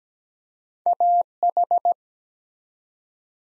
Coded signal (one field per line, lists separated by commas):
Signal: Morse code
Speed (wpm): 17 wpm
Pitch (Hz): 700 Hz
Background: none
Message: AH